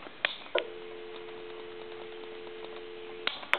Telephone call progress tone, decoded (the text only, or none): dial tone